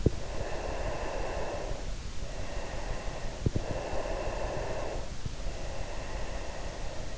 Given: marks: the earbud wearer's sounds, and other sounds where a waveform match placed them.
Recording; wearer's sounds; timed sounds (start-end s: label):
sounds in sleep by an in-ear microphone; breath
0.23-3.41 s: breath
3.87-7.18 s: breath